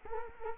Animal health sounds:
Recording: mosquito wingbeat signal from an infrared sensor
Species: Culex quinquefasciatus

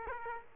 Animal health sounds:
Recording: mosquito wingbeat signal from an infrared sensor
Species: Aedes aegypti

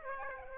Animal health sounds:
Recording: mosquito wingbeat signal from an infrared sensor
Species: Aedes aegypti

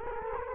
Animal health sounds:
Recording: mosquito wingbeat signal from an infrared sensor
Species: Culex quinquefasciatus

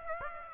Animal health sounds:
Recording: mosquito wingbeat signal from an infrared sensor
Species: Aedes aegypti

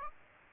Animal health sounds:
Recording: mosquito wingbeat signal from an infrared sensor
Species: Aedes aegypti

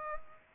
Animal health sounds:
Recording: mosquito wingbeat signal from an infrared sensor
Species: Culex pipiens

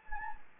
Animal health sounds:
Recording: mosquito wingbeat signal from an infrared sensor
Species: Anopheles gambiae

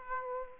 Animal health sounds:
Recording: mosquito wingbeat signal from an infrared sensor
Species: Aedes aegypti

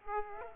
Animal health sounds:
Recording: mosquito wingbeat signal from an infrared sensor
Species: Aedes aegypti

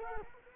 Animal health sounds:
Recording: mosquito wingbeat signal from an infrared sensor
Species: Culex quinquefasciatus

